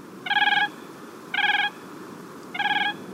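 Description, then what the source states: Siberian cranes give three clear, trilled notes, each a short rolling burst with a rich tone, spaced about a second apart. Three Siberian cranes calling as they flew toward and over the recordists on the Siberian tundra, sounding as if talking to each other in flight.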